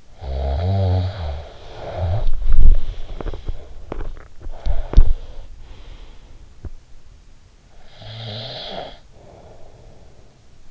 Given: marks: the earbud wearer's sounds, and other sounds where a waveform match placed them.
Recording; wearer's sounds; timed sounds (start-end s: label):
sounds in sleep by an in-ear microphone; snoring breath, teeth grinding
0.00-3.62 s: snoring breath
2.11-5.37 s: teeth grinding
7.77-10.71 s: snoring breath